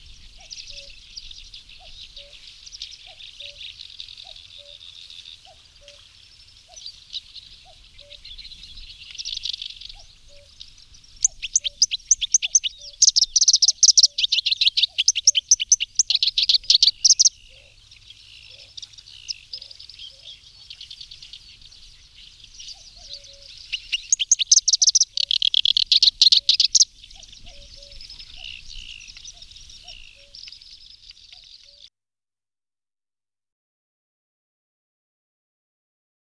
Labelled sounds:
Black-browed Reed Warbler song

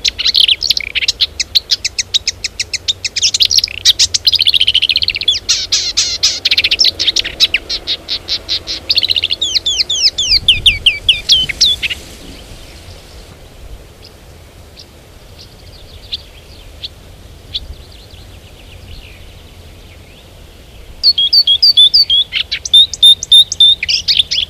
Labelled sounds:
Marsh Warbler

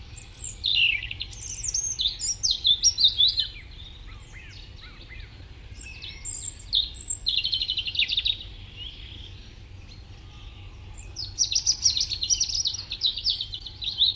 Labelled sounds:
European Robin song

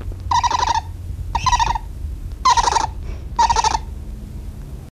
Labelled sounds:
Spectacled Owl call

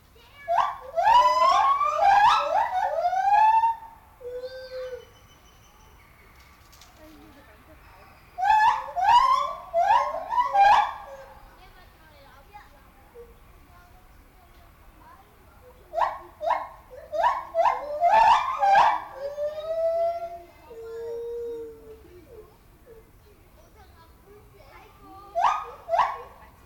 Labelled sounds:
Lar Gibbon call

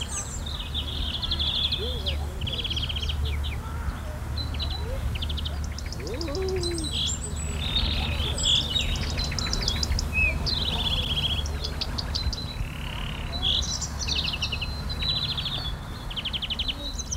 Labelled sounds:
European Greenfinch

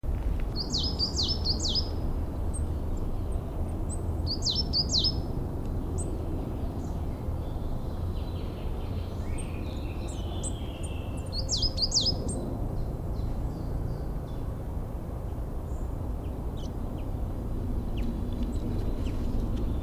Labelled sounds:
Coal Tit song

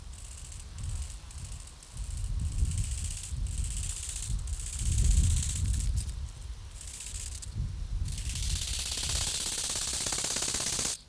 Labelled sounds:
Bow-winged Grasshopper stridulation

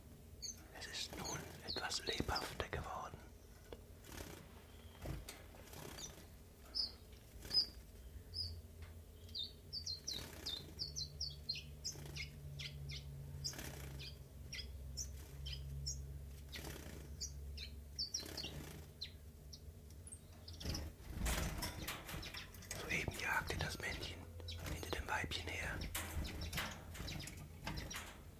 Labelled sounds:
Common Chiffchaff

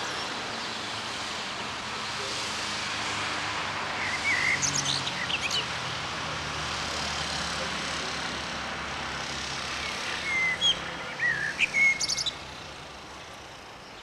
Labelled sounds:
Common Blackbird song

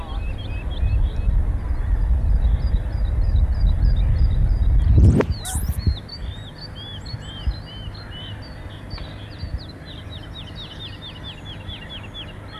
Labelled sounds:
Wood Lark song

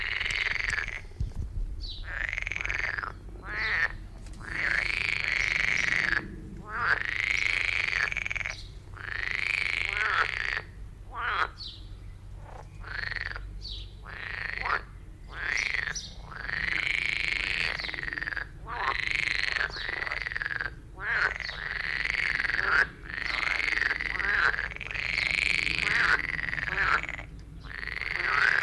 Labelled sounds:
Edible Frog call

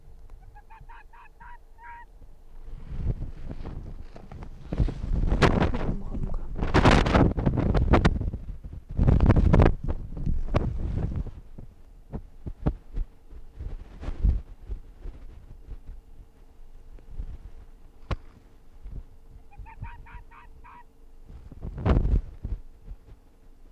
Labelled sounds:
Arctic Fox

